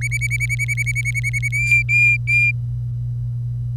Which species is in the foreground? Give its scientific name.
Serinus canaria